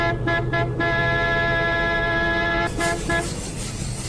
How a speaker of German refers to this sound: Setz dich neben den Wagen da, Patrick, und drück auf die Hupe, was du kannst.